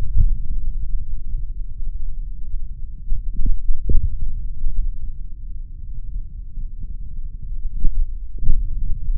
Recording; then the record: forearm muscle sounds (acoustic myography)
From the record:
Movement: index flexion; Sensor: system 3, bracelet of six PUI Audio POM-2738L microphones around the upper forearm, with dedicated amplification and filtering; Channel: 4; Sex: male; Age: 26 years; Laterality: right